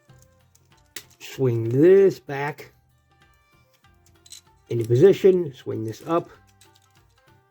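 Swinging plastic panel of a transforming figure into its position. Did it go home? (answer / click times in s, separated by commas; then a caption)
no / none. A plastic panel of a transforming figure is being swung back and up into position, with light handling taps and small knocks between stretches of someone talking. The clip ends before the part goes home, so nothing has seated or clicked yet.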